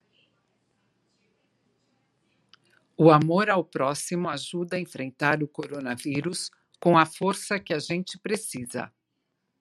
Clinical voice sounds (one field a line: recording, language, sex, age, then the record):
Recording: spoken sentence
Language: Brazilian Portuguese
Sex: female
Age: 60 to 69 years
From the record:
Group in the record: control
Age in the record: 60 years